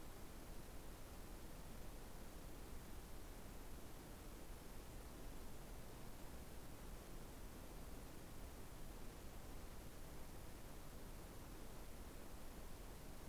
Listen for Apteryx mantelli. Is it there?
no